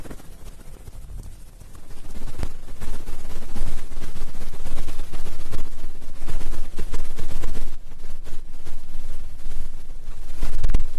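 Ear picking and ear massage: dense, scratchy rubbing and rustling that fills the whole clip with low rumbly thumps underneath. It starts softer, grows louder after about two seconds and stays busy, with brief sharp clicks near 2.5 and 10.8 seconds.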